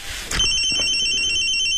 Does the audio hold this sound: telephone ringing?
yes